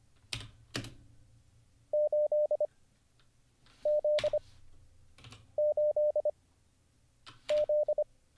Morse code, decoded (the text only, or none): 8 Z 8 Z